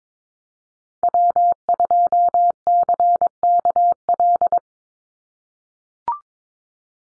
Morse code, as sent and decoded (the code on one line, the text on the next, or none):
.-- ..--- -.-. -.- .-..
W2CKL